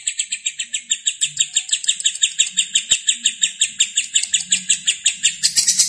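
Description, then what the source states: Lovebird delivering a steady series of sharp, high chirps, speeding up into a denser, rougher chatter at the very end. Lovebird singing in the konslet style.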